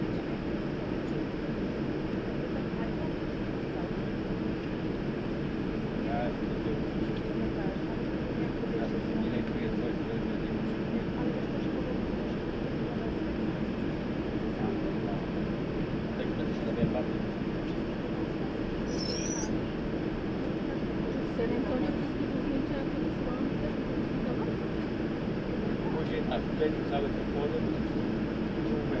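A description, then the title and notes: An airplane waits for departure, its steady low engine rumble holding even and dense for the whole half minute. A faint murmur of voices runs underneath, and a brief high chirp stands out around nineteen seconds. Airplane waiting for departure. Waiting to leave San Antonio.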